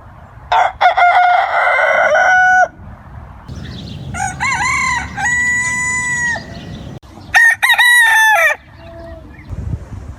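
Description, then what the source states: Rooster crowing: three loud, drawn-out crows with rich harmonics, over low background noise. Male domestic chicken.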